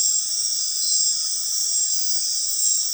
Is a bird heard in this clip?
no